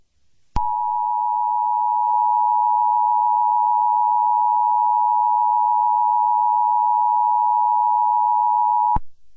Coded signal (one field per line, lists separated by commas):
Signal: Emergency Alert System (SAME) tones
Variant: 853 and 960 Hz attention tone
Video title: EAS Scenario - 2nd Civil War